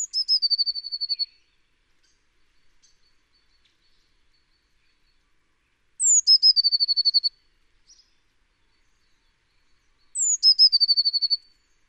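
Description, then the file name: Eurasian blue tit song: a thin, high descending note followed by a fast, even trill, repeated with pauses between. "Cyanistes caeruleus"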